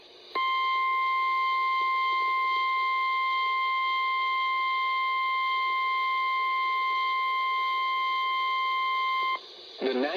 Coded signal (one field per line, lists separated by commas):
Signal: Emergency Alert System (SAME) tones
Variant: 1050 Hz attention tone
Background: speech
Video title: 2/28/24 - Severe Thunderstorm Warning on WXL60 || EAS 1,127